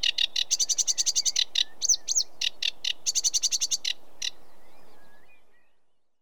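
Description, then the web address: Sedge warbler song: fast chattering bursts of harsh notes broken by a couple of quick sweeping whistles, then the phrase stops and the background fades out. Recorded in Britain. "The BBC Sound Effects Library - Complete 60 CDs Collection Sound Effects Library-12 (British Birds) 16 Sedge Warbler"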